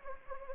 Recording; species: mosquito wingbeat signal from an infrared sensor; Anopheles arabiensis